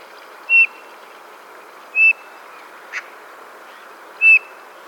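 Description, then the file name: Eurasian bullfinch giving soft piping whistles, three clear notes about one and a half to two and a quarter seconds apart, with a faint click between them over steady background hiss. "Pyrrhula pyrrhula"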